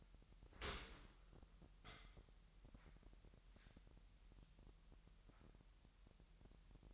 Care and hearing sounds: daily activity, microphone in the room; open dishwasher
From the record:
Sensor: 3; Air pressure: 998.4 hPa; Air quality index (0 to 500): 147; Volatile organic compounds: 5 ppm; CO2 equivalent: 1761 ppm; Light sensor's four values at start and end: 14/41/17/15 and 14/41/16/15

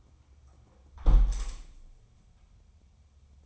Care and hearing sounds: daily activity, microphone in the room; close window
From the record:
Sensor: 1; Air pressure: 1000.5 hPa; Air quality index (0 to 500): 185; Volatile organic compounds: 4 ppm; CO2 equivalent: 1698 ppm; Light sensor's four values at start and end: 10/25/10/12 and 10/24/10/11

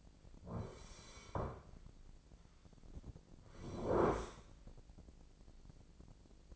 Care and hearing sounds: daily activity, microphone in the room; sit down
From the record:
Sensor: 5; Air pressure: 1009.3 hPa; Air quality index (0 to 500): 157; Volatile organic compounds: 2 ppm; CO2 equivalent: 1204 ppm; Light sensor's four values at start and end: 279/672/284/310 and 279/671/283/309

